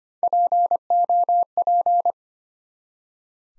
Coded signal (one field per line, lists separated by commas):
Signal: Morse code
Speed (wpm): 25 wpm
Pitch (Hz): 700 Hz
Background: none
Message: POP